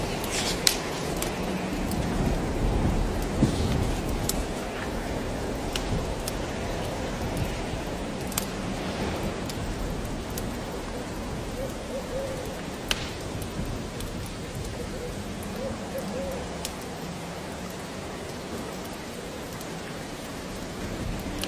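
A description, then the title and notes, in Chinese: Warming by a fire on a rainy day: steady dense rain hiss, scattered sharp crackles and pops, and faint low murmuring underneath. 雨天烤火声丨白噪音。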